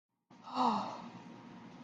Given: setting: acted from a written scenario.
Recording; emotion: vocal sound without words; relief